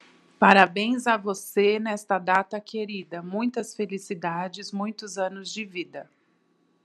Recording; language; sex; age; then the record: short text; Brazilian Portuguese; female; 30 to 39 years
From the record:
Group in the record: control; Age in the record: 38 years